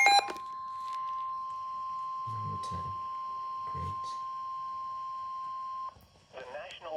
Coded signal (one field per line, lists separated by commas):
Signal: Emergency Alert System (SAME) tones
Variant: 1050 Hz attention tone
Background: speech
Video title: NOAA Weather Radio Series | Compilation | EAS #2 ~ #12